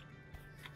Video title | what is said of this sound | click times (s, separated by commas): 2020 Nissan Kicks – Test Drive and Review | clicks right in the place no fiddling with it no having to yank | 0.7 s